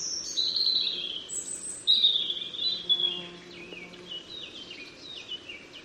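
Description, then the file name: European robin delivering high, drawn-out whistles and thin sliding notes, then a fading series of short twittering phrases over a soft, steady hiss. "Erithacus rubecula"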